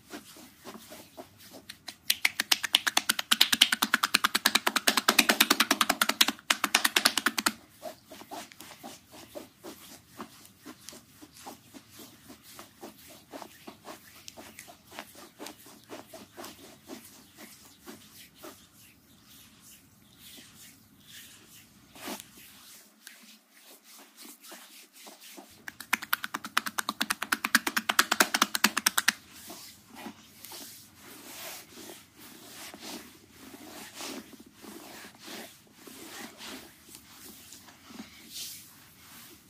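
Hands rub lotion into a foot in a steady, wet, squishing rhythm. Two louder, denser bursts of rubbing stand out, one from about 2 to 7 seconds and another around 26 to 29 seconds, while softer slick strokes and small clicks fill the rest.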